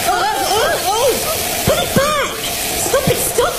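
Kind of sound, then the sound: sound effect, water spraying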